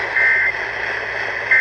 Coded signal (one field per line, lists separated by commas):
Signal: Emergency Alert System (SAME) tones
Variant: end-of-message bursts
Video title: Severe thunderstorm warning EAS#4-8 7/12/22